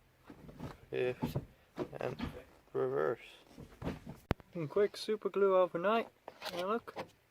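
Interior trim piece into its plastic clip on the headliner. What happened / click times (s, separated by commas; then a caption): Handled, not yet home: trim clip not yet seated / none. Someone talks throughout as an interior trim piece near the headliner of a BX, repaired with superglue and left overnight, is handled at its plastic retaining clip. A single sharp tick is heard at about 4.3 s between the speech. The piece has not been pushed home, and nothing has seated or clicked yet.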